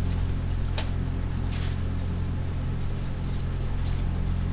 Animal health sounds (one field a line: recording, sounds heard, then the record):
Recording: poultry house recording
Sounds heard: no chicken sound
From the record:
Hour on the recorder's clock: 0